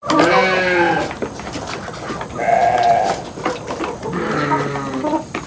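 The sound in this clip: Cow lowing in three drawn-out harmonic calls separated by short pauses.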